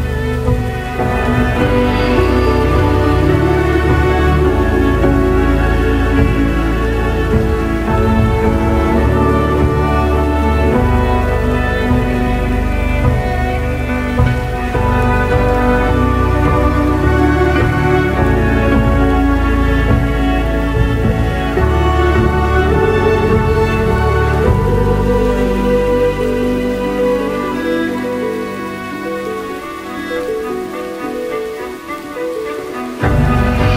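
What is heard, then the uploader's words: A dark academia atmosphere with rain: layered, sustained tones over a deep, rumbling low drone hold steady and dense. After about 25 seconds the low end thins and the tones shift, and the sound cuts off just before the end. Dark academia atmosphere plus rain.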